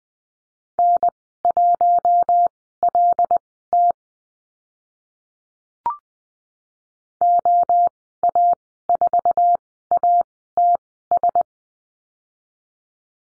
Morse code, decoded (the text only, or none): N1LT OA4ATS